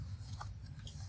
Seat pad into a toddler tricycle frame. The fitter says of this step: mạnh nghe là tạch tạch hai bên cái thì là nó sẽ là thành cái xe đạp Còn